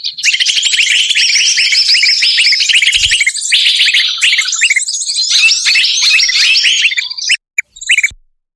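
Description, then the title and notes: Birds in a thick chirping chorus of fast, high, repeated notes, fading into short gaps and silence near the end. Compilation of bird lure calls used to attract stubborn, hard-to-approach birds. "Suara Burung Bandel Yang Susah Mendekati. Kompilasi Suara Pikat Burung"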